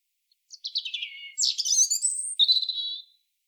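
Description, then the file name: European robin song: high notes slide downward, then a burst of sharp twittering and a rising sweep, ending on a wavering whistled trill; no other sounds. "Erithacus rubecula"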